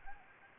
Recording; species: mosquito wingbeat signal from an infrared sensor; Anopheles gambiae